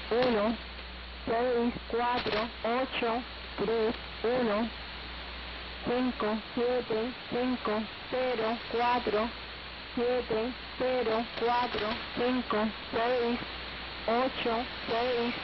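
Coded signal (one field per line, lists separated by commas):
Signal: numbers station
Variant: HM01, Spanish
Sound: a voice reading short syllables in even groups, like digits, over hiss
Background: radio static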